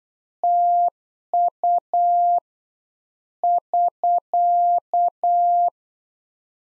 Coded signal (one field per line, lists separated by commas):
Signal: Morse code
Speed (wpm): 8 wpm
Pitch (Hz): 700 Hz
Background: none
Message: TU <SK>